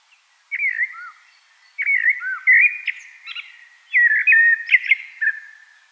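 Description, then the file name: Common blackbird song, three short warbled phrases of fluted notes, some with thin, higher twittering. "Turdus merula"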